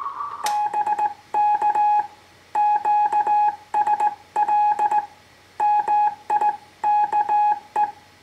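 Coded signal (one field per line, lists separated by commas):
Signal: Morse code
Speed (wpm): 18 wpm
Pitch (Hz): 840 Hz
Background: none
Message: BK QSL MIKE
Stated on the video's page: CW contact made on an old 1970s Heathkit HW-101 tube transceiver put back on the air.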